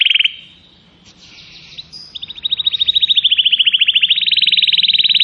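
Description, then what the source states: Atlantic canary singing a brief trill, then soft warbling, followed by a long, even rapid trill that climbs slightly in pitch and holds to the end, with faint low hum behind. Used as a lure to attract birds.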